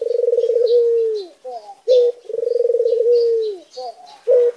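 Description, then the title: Barbary dove cooing: a long rolling, purring coo that falls away at the end, then short clipped notes, repeated twice; faint high chirps from small birds in the background. White Barbary dove (puter putih). "Masteran Burung Puter Putih"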